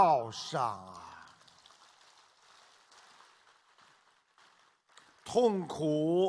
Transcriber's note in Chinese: 掌声